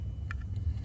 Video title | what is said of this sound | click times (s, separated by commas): How to replace the Inlet manifold / rocker cover XC60 D5 P00BD | And then when you're putting them back on, you just pop it in to where you hear the click, | 0.3 s